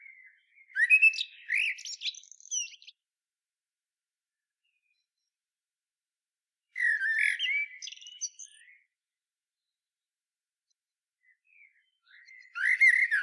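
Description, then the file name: Common blackbird song phrases repeated about every six seconds, each a burst of fluted notes and high scratchy twitters, with silence between. "Turdus merula"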